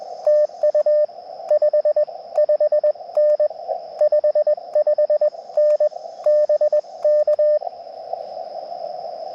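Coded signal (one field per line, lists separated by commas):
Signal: Morse code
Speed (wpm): 21 wpm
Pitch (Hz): 600 Hz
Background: radio noise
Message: TU 55N 55N BK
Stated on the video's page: QRP CW Parks on the Air activation from a national forest, Elecraft KX2 with KXPD2 paddle and MC-750 antenna.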